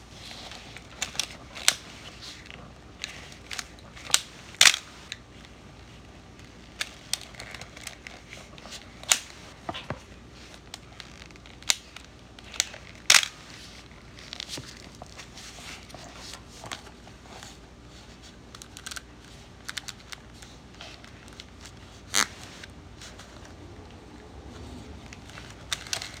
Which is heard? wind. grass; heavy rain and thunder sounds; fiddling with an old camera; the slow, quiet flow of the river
fiddling with an old camera